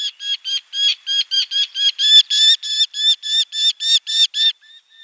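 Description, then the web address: Eurasian hobby calling a rapid run of loud, harsh 'kew-kew' notes, about three or four each second, evenly spaced. "Schulze Peter Hobby"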